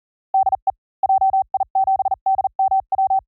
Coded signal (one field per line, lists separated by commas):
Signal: Morse code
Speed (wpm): 38 wpm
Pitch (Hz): 770 Hz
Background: none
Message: DE JI7DMW